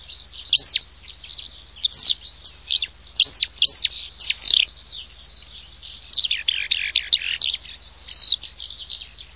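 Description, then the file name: Eurasian skylark song: high, liquid, warbling phrases with quick rising and falling whistles, delivered in bursts, with a denser jumble after the middle. "ALLODOLAMONT"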